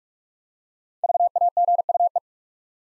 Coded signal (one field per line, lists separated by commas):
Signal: Morse code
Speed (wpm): 44 wpm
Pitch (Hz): 700 Hz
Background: none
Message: VAGUE